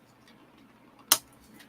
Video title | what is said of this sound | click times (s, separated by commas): HTM Group Livestream #131 - Thanksgiving Special (Part 1) | what was that I heard a click that was me clipping it up in there oh nice | 1.1 s